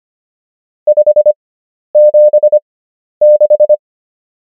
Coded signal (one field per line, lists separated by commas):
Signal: Morse code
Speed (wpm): 25 wpm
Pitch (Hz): 600 Hz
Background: none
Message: 576